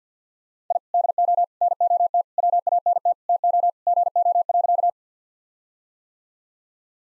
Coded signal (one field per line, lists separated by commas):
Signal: Morse code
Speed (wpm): 50 wpm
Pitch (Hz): 700 Hz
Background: none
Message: I DO NOT WANT TO GO.